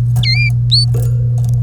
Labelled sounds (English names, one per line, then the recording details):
Domestic Canary song
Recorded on 3 May 2018 at 07:27
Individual llb3